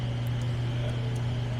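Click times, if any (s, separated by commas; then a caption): none. The white and black cable plugs from the control box of an Intermatic Pure Salt Chlorinator for a Splashpool are being handled at the matching power cell plugs. A steady low hum with broadband noise runs throughout, with no distinct clicks. Nothing has seated or clicked yet.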